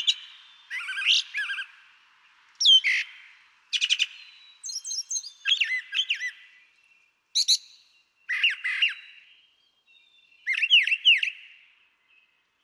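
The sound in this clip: Brown Thrasher singing a long run of varied phrases, sharp chips, slurred whistles and rattly notes, separated by brief gaps.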